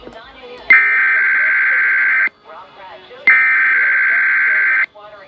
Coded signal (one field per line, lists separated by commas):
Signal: Emergency Alert System (SAME) tones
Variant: header bursts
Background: speech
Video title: EAS 381-382 KDKA RWT + USUALL RELAYS + DEVIOUSNESS